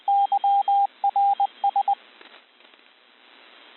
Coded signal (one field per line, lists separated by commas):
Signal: Morse code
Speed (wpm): 20 wpm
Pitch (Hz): 800 Hz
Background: radio noise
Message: YRS